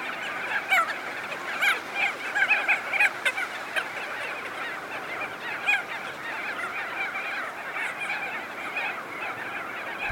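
Crested auklet chorus of many overlapping honking, trumpeting calls, with a louder cluster of notes early on, over constant hiss.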